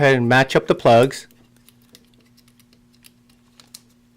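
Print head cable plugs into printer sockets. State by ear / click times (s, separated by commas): seated / 3.8 s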